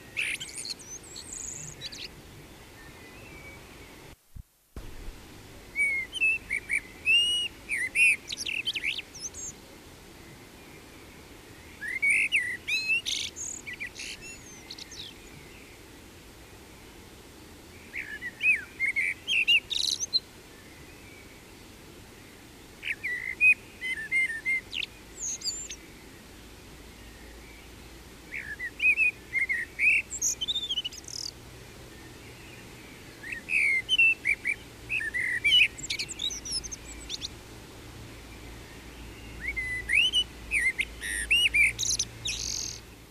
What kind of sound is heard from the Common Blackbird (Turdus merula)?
song